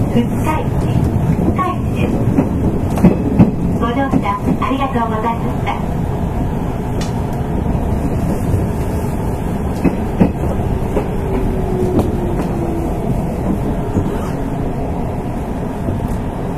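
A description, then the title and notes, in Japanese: Running noise inside a Nishitetsu 8000 series express train on the Omuta Line: a steady, dense low rumble throughout. Rhythmic clicks and clunks from the wheels cluster in the first six seconds, with scattered knocks later and a faint rising tone around eleven to thirteen seconds. 西日本鉄道 8000系電車の走行音です。この列車は、観光列車『水都』でした。It is running noise of Nishitetsu 8000 series train.I recorded on the express train of the Omuta Line.The section is from Fukuoka to Kurume.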